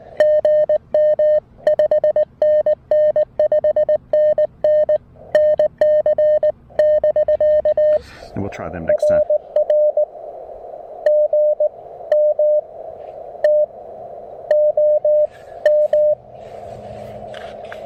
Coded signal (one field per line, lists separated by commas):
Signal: Morse code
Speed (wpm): 19 wpm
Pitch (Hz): 590 Hz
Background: speech, radio noise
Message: GM 5NN 5NN NC <BK> RR GM TOM